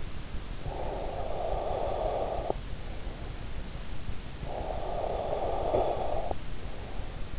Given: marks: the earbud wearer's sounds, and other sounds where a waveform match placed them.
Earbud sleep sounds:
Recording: sounds in sleep by an in-ear microphone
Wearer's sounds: breath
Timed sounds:
0.47-3.40 s: breath
4.17-7.39 s: breath

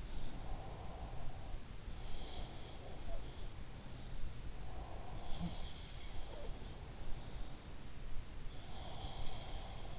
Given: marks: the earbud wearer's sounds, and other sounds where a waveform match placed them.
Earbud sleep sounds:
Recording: sounds in sleep by an in-ear microphone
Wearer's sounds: breath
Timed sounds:
0.00-1.78 s: breath
1.34-2.92 s: sound from someone else or the room
4.47-7.50 s: sound from someone else or the room
8.08-9.99 s: sound from someone else or the room

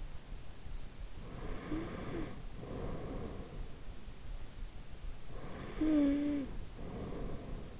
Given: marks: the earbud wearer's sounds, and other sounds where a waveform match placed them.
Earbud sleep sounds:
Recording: sounds in sleep by an in-ear microphone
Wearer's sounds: snoring breath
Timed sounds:
1.05-3.59 s: snoring breath
5.30-7.79 s: snoring breath

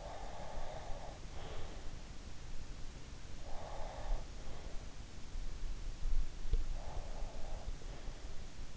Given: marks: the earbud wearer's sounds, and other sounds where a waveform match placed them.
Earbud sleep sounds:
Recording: sounds in sleep by an in-ear microphone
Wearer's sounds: breath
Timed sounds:
0.00-1.95 s: breath
3.48-4.69 s: breath
6.56-8.15 s: breath

